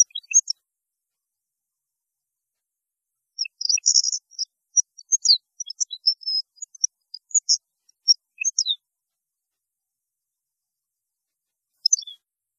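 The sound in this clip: European goldfinch song: scattered thin, sharp high notes and a brief buzzy burst, with long quiet gaps between phrases.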